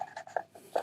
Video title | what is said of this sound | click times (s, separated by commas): 2007-2013 R56 Mini Cooper, Countryman, Paceman S - Oil, Air Filter, Spark Plugs, Cabin Filter | and it just kind of clicks into place. | 0.4 s